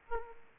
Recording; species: mosquito wingbeat signal from an infrared sensor; Aedes aegypti